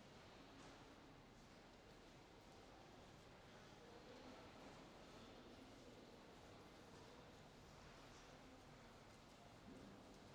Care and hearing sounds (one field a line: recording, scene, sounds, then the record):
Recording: everyday scene through a hearing-aid microphone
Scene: reverberant space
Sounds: background noise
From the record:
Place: railway station hall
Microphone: in the ear canal, left